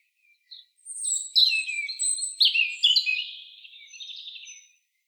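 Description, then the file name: European robin song, one long high warbling phrase of clear whistles, quick trills and sliding notes that fades into a soft twitter at the end. "Erithacus rubecula"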